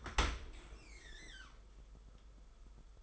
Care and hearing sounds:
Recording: daily activity, microphone in the room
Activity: open dishwasher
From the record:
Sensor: 5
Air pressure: 991.5 hPa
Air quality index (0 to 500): 117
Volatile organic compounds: 37 ppm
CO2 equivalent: 3099 ppm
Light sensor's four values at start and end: 39/124/47/50 and 40/126/48/51

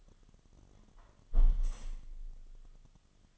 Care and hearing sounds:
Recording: daily activity, microphone in the room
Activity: close window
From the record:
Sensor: 4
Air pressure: 1005.5 hPa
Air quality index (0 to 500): 98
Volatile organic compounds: 2 ppm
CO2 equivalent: 1215 ppm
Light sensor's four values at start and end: 13/30/12/11 and 13/29/11/11

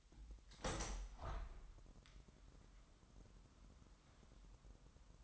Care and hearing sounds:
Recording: daily activity, microphone in the room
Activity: open window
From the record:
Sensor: 3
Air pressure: 997.9 hPa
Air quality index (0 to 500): 134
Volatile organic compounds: 4 ppm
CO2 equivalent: 1598 ppm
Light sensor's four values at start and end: 14/42/17/16 and 14/42/17/16

